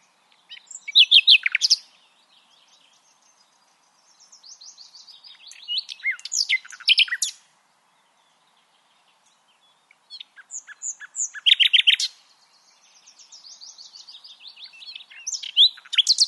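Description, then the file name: Common nightingale singing four phrases of fast trills, clicks and whistled notes, with pauses between most of them. "Luscinia megarhynchos"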